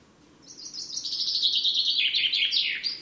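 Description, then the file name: Common chaffinch song phrase: a quick cascade of sharp notes sliding downward, closing with an emphatic descending flourish and a brief high note. "Fringilla coelebs"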